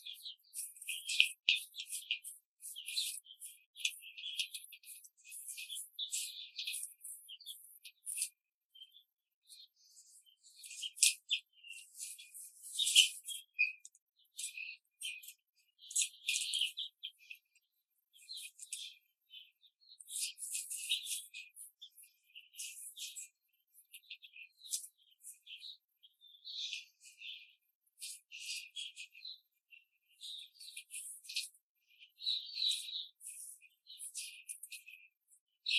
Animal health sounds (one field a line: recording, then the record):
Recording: young laying hens in a cage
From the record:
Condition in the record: control cage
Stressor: none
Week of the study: 5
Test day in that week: 1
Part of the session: 2